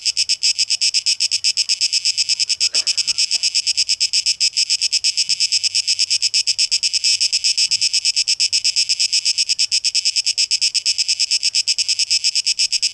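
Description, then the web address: Cicada song: a continuous high buzz made of fast, even pulses that stays level for the whole stretch. A faint brief rustle sounds near the start. Recorded 12 August 2023; tape echo mix. "rauschpartikel 2023-08-12 Zikaden"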